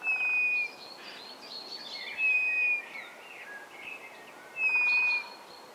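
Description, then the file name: Bird calls: a long, level whistled note that comes three times, with fainter chirps and twitters between and a steady background hiss. "XENO CANTO"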